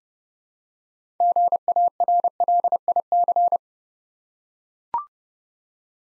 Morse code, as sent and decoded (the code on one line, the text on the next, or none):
--. .- .-. .-.. .. -.-.
GARLIC